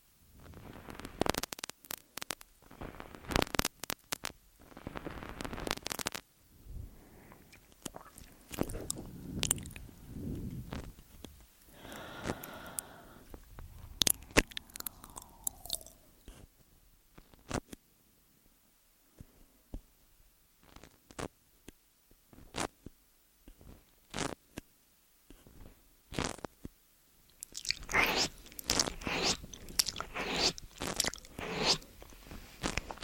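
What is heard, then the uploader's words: Wet mouth sounds and ear-eating noises come in bursts of sharp clicks, smacks and crunchy chewing. Clusters are dense at the start and again near the end, with a quieter, sparser middle holding a few soft, drawn-out sucking or breathy sounds. MOUTH SOUNDS & EAR EATING Tascam & Dummyhead.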